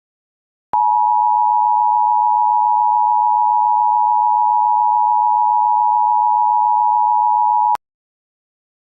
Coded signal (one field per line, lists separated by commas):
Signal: Emergency Alert System (SAME) tones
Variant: 853 and 960 Hz attention tone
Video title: EAS Scenario - Ohio Unknown and Inexperienced Incident Situation